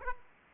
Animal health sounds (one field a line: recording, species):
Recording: mosquito wingbeat signal from an infrared sensor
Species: Aedes aegypti